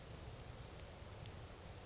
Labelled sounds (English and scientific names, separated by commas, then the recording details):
Grasshopper Sparrow (Ammodramus savannarum)
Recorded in Sonoma County, California